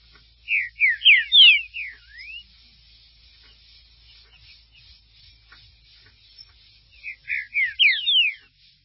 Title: Trinca Ferro